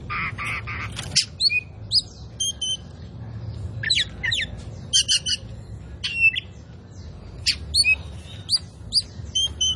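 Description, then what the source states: Oriental magpie-robin singing varied short whistles and sharp chirps in scattered bursts, after a loud harsh opening note, with a low background hum. Indonesian name kacer poci; described as gacor, singing actively and constantly.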